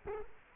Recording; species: mosquito wingbeat signal from an infrared sensor; Culex quinquefasciatus